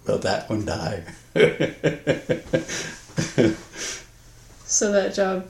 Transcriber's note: laughs